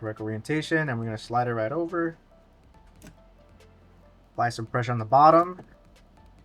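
A second RAM module is lined up by its notch with a motherboard DIMM slot, slid over and pressed down from the bottom while someone talks, with only a faint tick around 3.0 s in the quiet gap. Nothing has seated or clicked yet; the clip ends just before the module goes home.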